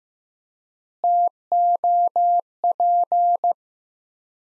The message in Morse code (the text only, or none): TOP